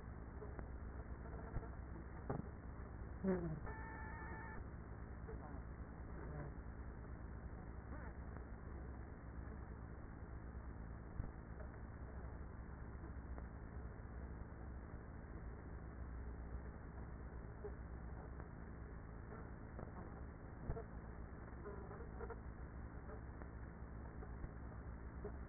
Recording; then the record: honeybee colony, microphone inside the hive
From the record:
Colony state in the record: queenless with a low population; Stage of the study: after two queens were removed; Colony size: about 30,000 bees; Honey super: no